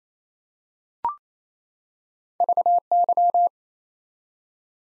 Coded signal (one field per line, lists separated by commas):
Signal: Morse code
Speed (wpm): 28 wpm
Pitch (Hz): 700 Hz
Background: none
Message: VY